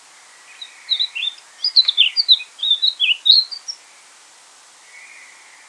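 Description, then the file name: Eurasian blackcap, a quick series of many chirpy, twittering notes over about three seconds, then a faint quiet note and a steady background hiss. "Sylvia atricapilla"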